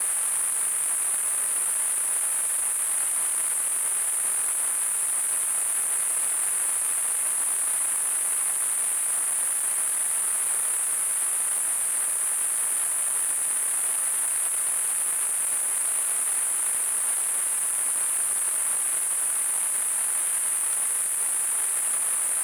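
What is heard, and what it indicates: Simulated tinnitus: a steady, continuous high-pitched hiss concentrated in a narrow band around 9 kHz, over a softer broadband noise, unchanging throughout.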